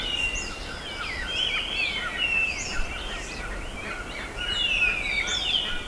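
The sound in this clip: Bird chorus of high, buzzy chirps and slurred whistles overlapping continuously, with background hiss.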